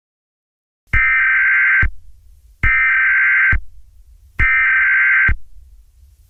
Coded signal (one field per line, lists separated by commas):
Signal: Emergency Alert System (SAME) tones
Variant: header bursts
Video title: EAS Scenario 3. Technology rebels